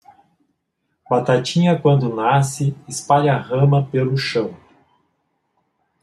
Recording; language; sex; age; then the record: short text; Brazilian Portuguese; male; 40 to 49 years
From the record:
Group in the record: control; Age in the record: 47 years